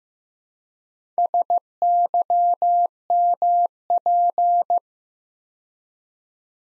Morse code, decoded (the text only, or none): SYMP